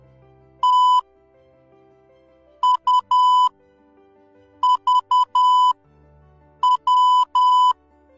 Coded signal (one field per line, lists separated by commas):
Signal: Morse code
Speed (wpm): 10 wpm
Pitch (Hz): 1000 Hz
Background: music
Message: T U V W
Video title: Learn Morse code in one minute